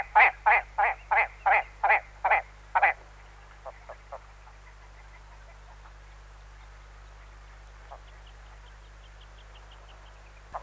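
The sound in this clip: Bird repeating loud harsh notes in a quick series of eight, then a few fainter notes trailing off amid a low steady hum.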